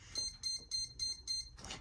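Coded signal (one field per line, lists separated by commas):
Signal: beep code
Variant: RC Electric Parts ESC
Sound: five short high beeps in quick succession, then a brief rushing noise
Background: low motor hum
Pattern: 5 short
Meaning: Selects the brake setting for programming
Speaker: okay we heard five beeps go ahead and move the throttle and the opposite direction all the way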